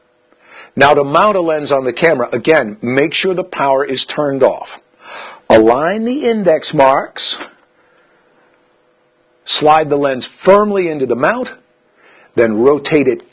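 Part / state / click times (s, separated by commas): interchangeable lens going onto a DSLR camera bayonet mount / not seated / none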